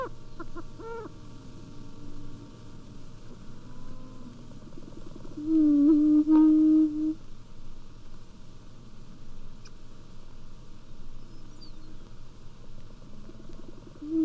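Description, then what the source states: Prairie chicken booming: low, hollow moaning tones that swell loudly for over a second midway, with fainter hoots. Booming; heard during spring in north central states and southern Canada; these were calling in Wisconsin.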